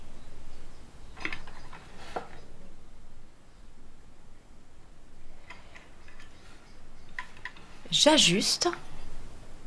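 A ceiling fan canopy cover is handled and adjusted onto its base after screws have been inserted into the base, on a KlassFan Modulo ceiling fan with the light kit option. Someone talks while light plastic and metallic knocks and taps sound, with a louder burst of handling noise near 8 seconds. Nothing has seated or clicked yet; the cover is not yet engaged when the clip ends.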